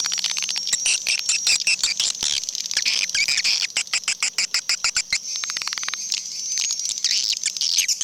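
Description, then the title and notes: Swiftlets giving fast trains of sharp clicks over a steady chorus of shrill high twittering. Associated with swiftlet farming in Asia. "Swiflet Bird Sound. Farming Swiflet Bird asia sound"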